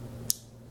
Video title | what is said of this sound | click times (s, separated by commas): Boca 50 e | just like that and you're going to hear it click in | 0.3 s